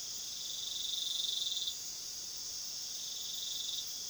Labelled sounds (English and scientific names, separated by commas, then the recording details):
none
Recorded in pastures near Puerto Asís, Putumayo, Colombia, on 19 February 2024 at 21:30
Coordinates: 0.497, -76.327
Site G7276